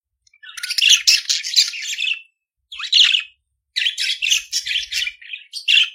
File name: Canto do periquito australiano